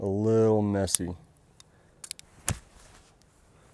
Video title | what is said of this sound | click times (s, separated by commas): Leatherman Signal, Second Thoughts - Gear Review #2 | but not too bad it's still it doesn't snap in as easy as it did when I first got it | 2.5 s